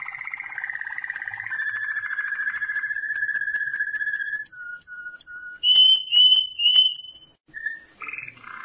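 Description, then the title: Canary singing a long sustained rolling trill, then short whistled notes, loud sweet chirping bursts and a brief buzzy roll at the end. "Kenari"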